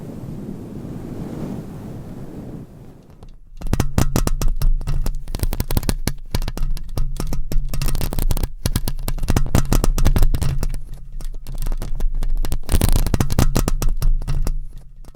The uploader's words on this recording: ASMR Mic Scratching - Brain Scratching with 15 MICS No Talking for Sleep with Long Nails.